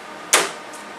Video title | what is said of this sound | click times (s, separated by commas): Avaya IP Office - How to install a Combination Card in an IP500 V2 | It snaps in place, and then there's a screw on the front here. | 0.3 s